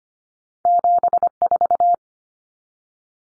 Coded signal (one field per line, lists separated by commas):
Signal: Morse code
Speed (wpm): 25 wpm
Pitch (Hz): 700 Hz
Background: none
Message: 74